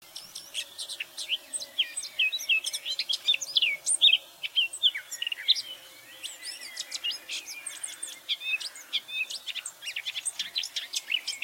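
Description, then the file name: Eurasian blackcap song, a rapid run of varied high chirping and warbling notes that continues almost without pause, easing briefly around the middle before resuming with a faint steady hum beneath. "Sylvia atricapilla"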